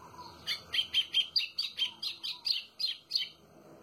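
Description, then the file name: White-throated seedeater song: a fast series of many sharp, high chirped notes. "canto do golinho"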